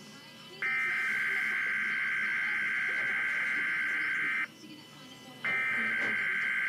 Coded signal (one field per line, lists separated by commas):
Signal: Emergency Alert System (SAME) tones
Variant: header bursts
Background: speech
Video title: Required Weekly Test -(EAS #101)